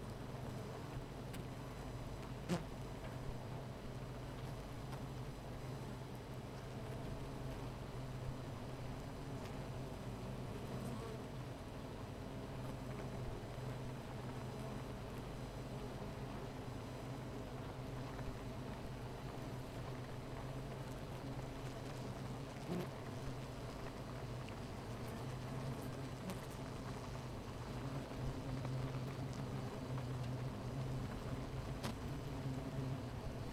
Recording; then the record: honeybee colony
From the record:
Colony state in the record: missing queen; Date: 14 July 2017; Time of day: 13:56